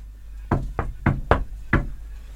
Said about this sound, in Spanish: Recorrieron el lugar, tocando y abriendo puertas. Todo iba bien hasta que Evelyn tocó una puerta color negro.